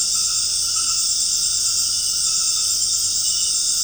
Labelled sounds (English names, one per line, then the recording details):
none
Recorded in secondary vegetation near Puerto Asís, Putumayo, Colombia, on 13 March 2025 at 19:30
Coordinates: 0.502, -76.326
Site G100